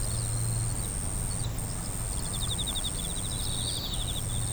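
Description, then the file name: Insect song: a steady very high whine with two brief breaks, plus runs of rapid pulsed ticking, over a loud low rumble of background noise. "singing of insect"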